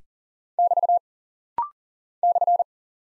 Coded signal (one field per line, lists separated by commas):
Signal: Morse code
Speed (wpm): 40 wpm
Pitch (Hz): 700 Hz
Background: none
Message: <BT> /